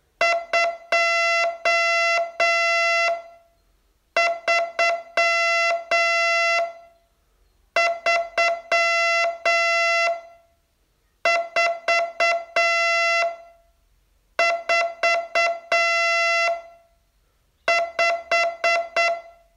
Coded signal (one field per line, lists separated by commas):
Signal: Morse code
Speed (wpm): 7 wpm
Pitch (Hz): 2050 Hz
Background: music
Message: 2 3 3 4 4 5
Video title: Learn Morse in 42 Days from VU2LAU - day 36